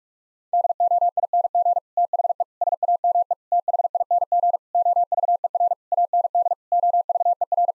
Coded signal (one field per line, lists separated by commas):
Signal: Morse code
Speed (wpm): 47 wpm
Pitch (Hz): 700 Hz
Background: none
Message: DOING THE SAME THING OVER AND OVER